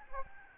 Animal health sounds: mosquito wingbeat signal from an infrared sensor; Aedes albopictus

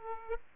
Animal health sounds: mosquito wingbeat signal from an infrared sensor; Aedes aegypti

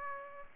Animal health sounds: mosquito wingbeat signal from an infrared sensor; Aedes aegypti

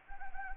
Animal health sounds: mosquito wingbeat signal from an infrared sensor; Anopheles gambiae

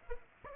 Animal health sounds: mosquito wingbeat signal from an infrared sensor; Aedes aegypti

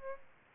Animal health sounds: mosquito wingbeat signal from an infrared sensor; Aedes albopictus

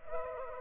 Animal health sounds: mosquito wingbeat signal from an infrared sensor; Culex pipiens

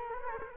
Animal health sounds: mosquito wingbeat signal from an infrared sensor; Culex quinquefasciatus

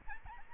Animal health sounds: mosquito wingbeat signal from an infrared sensor; Aedes albopictus

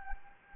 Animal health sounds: mosquito wingbeat signal from an infrared sensor; Anopheles gambiae

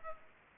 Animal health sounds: mosquito wingbeat signal from an infrared sensor; Culex pipiens

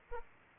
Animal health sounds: mosquito wingbeat signal from an infrared sensor; Aedes aegypti

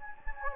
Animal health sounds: mosquito wingbeat signal from an infrared sensor; Anopheles gambiae

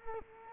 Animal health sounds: mosquito wingbeat signal from an infrared sensor; Culex quinquefasciatus

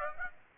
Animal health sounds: mosquito wingbeat signal from an infrared sensor; Aedes aegypti

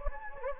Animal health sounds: mosquito wingbeat signal from an infrared sensor; Anopheles gambiae

